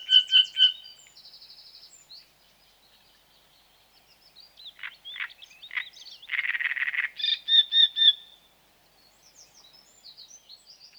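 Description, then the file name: Great reed warbler song: loud repeated notes, a buzzy phrase, a quiet stretch, then harsh grating churrs and strident repeated syllables. "Grotekarekiet"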